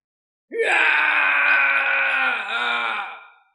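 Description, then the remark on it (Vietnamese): A single loud, sustained wailing cry, Hắc Hoàng crying loudly on the towering Tử Sơn in the desolate Northern region, rises sharply, holds steady for about three seconds with a brief dip in the middle, then fades out, alone against silence. “Trong cảnh vắng lặng này đột nhiên truyền đến tiếng gào khóc.”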